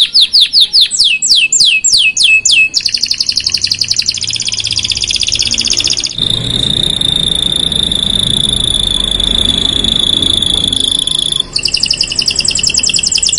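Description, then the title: Belgian canary song: rapid falling swept notes, then a buzzy trill, then a long sustained high whistle, and a final trill. Black-red Belgian canary song, loud and persistent, played to warm up and stimulate canaries to sing. "Canto Para Esquentar Canário Belga. Suara Burung Kenari Black red Gacor Dor"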